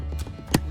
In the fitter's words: went behind here you heard it pop